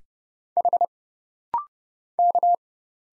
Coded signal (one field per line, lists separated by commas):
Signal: Morse code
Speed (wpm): 29 wpm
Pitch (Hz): 700 Hz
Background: none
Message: H K